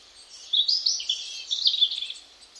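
Bird twittering: a short burst of high, thin, jumbled chirps.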